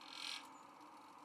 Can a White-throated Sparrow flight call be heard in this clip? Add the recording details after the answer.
yes. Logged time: 04:32 on 31 October 2014